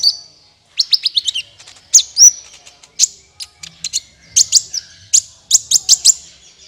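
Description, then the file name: Olive-backed Sunbird: high-pitched bird song, a quick run of descending chirps followed by scattered sharp tsip notes at irregular intervals. "suara kolibri ninja"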